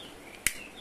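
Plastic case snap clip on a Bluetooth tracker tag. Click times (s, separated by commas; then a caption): 0.5 s. A small plastic case on a Samsung Galaxy SmartTag Bluetooth tracker tag is pried open at its seam with a tool or coin to reach the coin-cell battery. After a faint tick near 0.4 s, the case's snap clip releases with a single sharp, bright click at 0.5 s over quiet background hiss. The case clip pops open.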